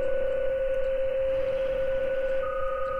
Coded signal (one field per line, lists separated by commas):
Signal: PSK31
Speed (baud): 31.25 baud